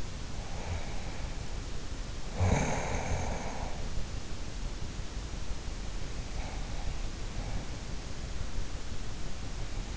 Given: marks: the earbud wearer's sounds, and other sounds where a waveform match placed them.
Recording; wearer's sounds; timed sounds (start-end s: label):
sounds in sleep by an in-ear microphone; snoring breath
0.00-4.38 s: snoring breath